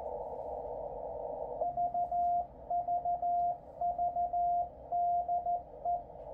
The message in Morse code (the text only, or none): VVVDE